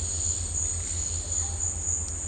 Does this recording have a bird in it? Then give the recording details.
yes. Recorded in dense forest near Puerto Asís, Putumayo, Colombia, on 20 December 2024 at 13:30. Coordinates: 0.466, -76.327. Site G075